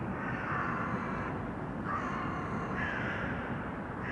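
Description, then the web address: Crow caws, several drawn-out raspy calls about a second apart over a low continuous rumble. Urban crows; sound processed by detuning. "sonniss-gdc-audio detunized-urban-crows"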